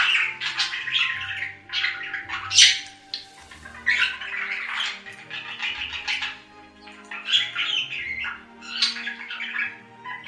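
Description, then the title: Budgerigar chatter: continuous warbling, squawky and chirping notes in bursts, with a faint steady hum underneath. "Budgie Sounds"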